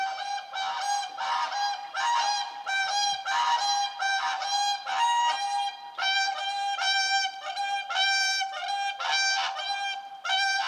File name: Whooper swan